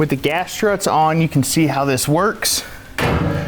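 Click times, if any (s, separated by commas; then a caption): 3.0 s. Someone talks as a gas-strut-assisted steel side panel of a Rock Slide Engineering truck bed rack is lowered onto the rack frame. At 3.0 s it snaps into its closed position with a sudden thud, and the panel is seated.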